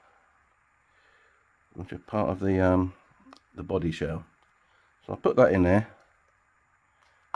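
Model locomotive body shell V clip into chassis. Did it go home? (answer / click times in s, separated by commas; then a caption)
yes / 7.3 s. Someone talks while pushing the plastic body shell of a Hattons Originals Class 66 model diesel locomotive sideways onto its chassis so the small V-shaped clips, part of the body shell, engage. A faint tick at 7.0 s is followed by a sharp, short click at 7.3 s as the body clip snaps into the chassis and seats.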